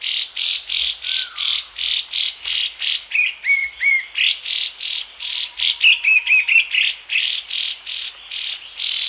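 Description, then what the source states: Ferruginous babbler giving harsh, buzzy rasping notes repeated in a steady series, with thin whistled notes in between. Recorded at Danum on 1 January 2008.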